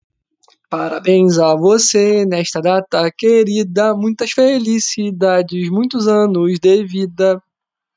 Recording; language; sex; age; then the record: short text; Brazilian Portuguese; male; 20 to 29 years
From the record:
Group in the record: control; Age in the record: 27 years